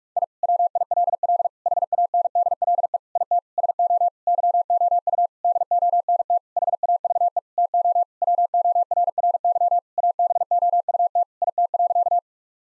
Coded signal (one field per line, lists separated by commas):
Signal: Morse code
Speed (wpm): 41 wpm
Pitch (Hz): 700 Hz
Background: none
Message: I WILL HANDLE IT SO YOU DONT HAVE TO WORRY ABOUT IT.